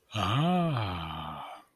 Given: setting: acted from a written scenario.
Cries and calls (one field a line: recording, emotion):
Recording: vocal sound without words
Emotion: awe